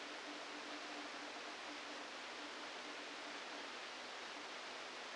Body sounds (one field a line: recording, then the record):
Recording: brain microelectrode recording played as sound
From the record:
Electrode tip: inside the subthalamic nucleus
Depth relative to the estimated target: -3 mm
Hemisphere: left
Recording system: NeuroSet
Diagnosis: Parkinson's disease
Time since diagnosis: 27 years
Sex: male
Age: 62 years